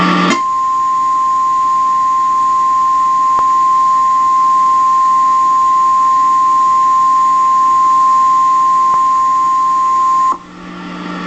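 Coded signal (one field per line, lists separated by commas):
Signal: Emergency Alert System (SAME) tones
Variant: 1050 Hz attention tone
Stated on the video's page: Real EAS Tornado Warning alarm breaking into a glitching MTS broadcast.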